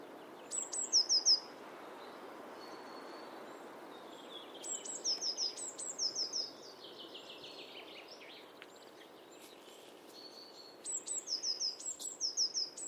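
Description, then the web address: Bird giving short bursts of high, sharp, down-slurred notes, with softer lower chirps between bursts over a steady background hiss. "cianscape birddata Deverinetal 2025 Bird Only"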